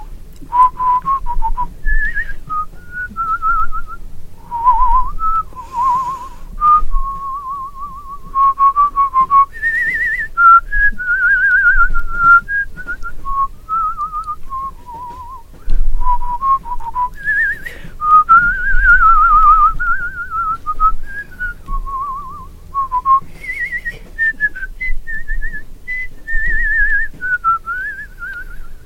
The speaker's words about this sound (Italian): Però... No, per sentire un fischio, proprio per sentire così dal vivo.